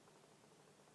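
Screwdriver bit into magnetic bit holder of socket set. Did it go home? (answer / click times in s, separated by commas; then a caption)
no / none. A metal screwdriver bit is handled at the folding magnetic bit holder of a Wera Zyklop WER056490 1/4 in socket set as the holder is being closed. Only steady, low broadband noise is heard, with no sharp sounds. Nothing has seated or clicked yet.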